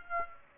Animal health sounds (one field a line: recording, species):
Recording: mosquito wingbeat signal from an infrared sensor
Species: Aedes aegypti